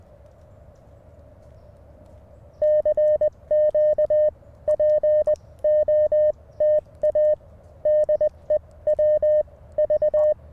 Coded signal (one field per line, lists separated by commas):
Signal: Morse code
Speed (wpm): 20 wpm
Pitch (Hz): 610 Hz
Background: none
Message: CQ POTA DE W V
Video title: Morning Morse Code w/ Mountain Topper MTR5B - 2/23/24